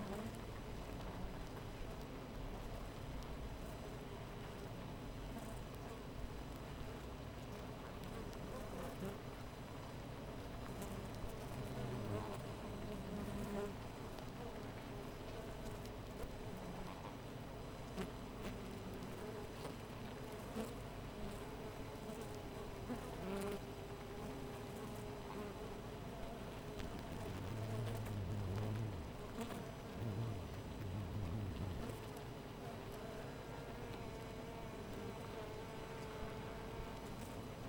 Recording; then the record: honeybee colony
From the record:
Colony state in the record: missing queen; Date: 14 July 2017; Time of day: 4:57